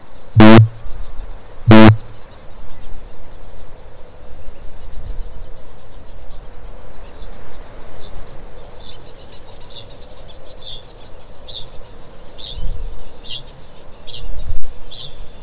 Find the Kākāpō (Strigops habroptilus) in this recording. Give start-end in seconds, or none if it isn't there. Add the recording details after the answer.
0.00-2.12, 8.61-15.41. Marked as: faintness 1/5, faintness 4/5. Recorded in New Zealand. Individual Stumpy